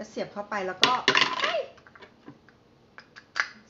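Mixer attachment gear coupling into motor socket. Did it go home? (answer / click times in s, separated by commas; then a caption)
partly / 3.4 s. Someone talks while an attachment with a gear coupling is pushed into the motor socket of an Ankarsrum stand mixer, and a short hard contact sound comes at about 3.4 s, after a few quieter taps. The coupling is not fully seated, because the gear has to drop into its lock or the attachment will come out.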